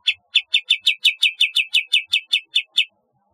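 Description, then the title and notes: Bulbul gives a series of many evenly spaced, sharp chipping notes in a steady rhythm lasting under three seconds. "Kicau Burung Kapas"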